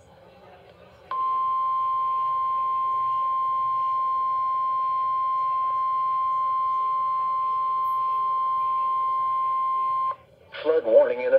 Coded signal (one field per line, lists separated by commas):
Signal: Emergency Alert System (SAME) tones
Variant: 1050 Hz attention tone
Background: speech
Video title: Another Another Another Flood Warning On NOAA Weather Radio